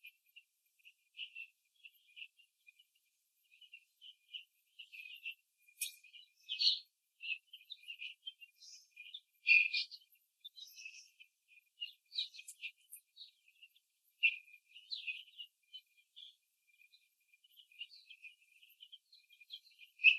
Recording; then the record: young laying hens in a cage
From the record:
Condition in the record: after the stressor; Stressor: simulated dog barking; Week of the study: 3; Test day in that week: 1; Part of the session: 2